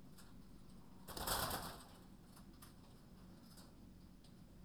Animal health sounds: poultry house recording; no chicken sound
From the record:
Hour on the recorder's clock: 21

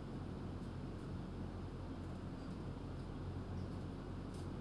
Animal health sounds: poultry house recording; no chicken sound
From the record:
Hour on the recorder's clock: 0

